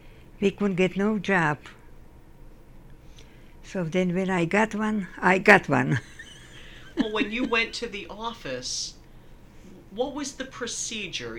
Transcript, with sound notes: We couldn't get no job. So then when I got one I got one. (Laughs)
Well when you went to the office, what was the procedure?